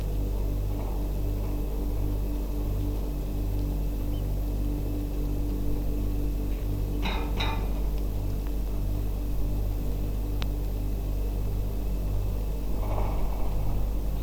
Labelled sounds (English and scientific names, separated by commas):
Eurasian Oystercatcher (Haematopus ostralegus)